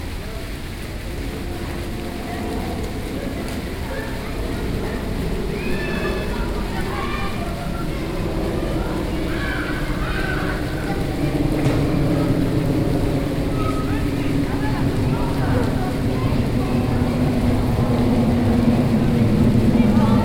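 Children's voices rise and fall over a steady, dense wash of fountain water and low rumble. Their calls cluster mostly between five and twelve seconds, while the low, rolling sound thickens and grows louder toward the end.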